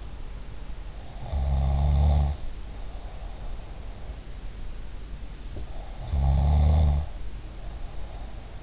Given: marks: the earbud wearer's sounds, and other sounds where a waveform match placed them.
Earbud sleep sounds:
sounds in sleep by an in-ear microphone; snoring breath
1.08-3.96 s: snoring breath
5.45-8.63 s: sound from someone else or the room
5.65-8.63 s: snoring breath

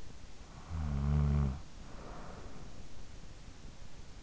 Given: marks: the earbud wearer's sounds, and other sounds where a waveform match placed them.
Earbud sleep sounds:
sounds in sleep by an in-ear microphone; snoring breath
0.02-3.27 s: snoring breath

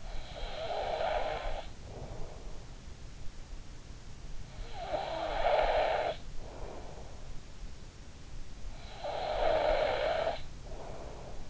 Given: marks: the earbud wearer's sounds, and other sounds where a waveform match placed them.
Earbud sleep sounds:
sounds in sleep by an in-ear microphone; snoring breath
0.00-2.80 s: snoring breath
4.59-7.28 s: snoring breath
8.93-11.50 s: snoring breath

